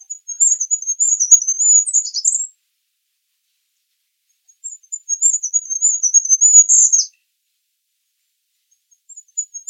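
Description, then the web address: Bird giving two high, thin phrases, each a run of sharp twittering notes ending in a brief downward flourish. "Bird Only"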